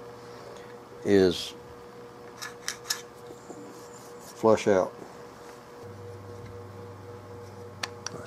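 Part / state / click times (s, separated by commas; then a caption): wooden forend onto shotgun barrels / not seated / none. Someone talks while a newly fitted walnut forend is pushed onto the barrels of a Carl Stiegele 16-gauge side-by-side shotgun to test whether its latch snaps into place. Only a few brief, faint knocks are heard, around 2.7, 2.9, 7.8 and 8.1 seconds. The forend has not snapped into place, as it still needs pushing, so more wood must be removed from it.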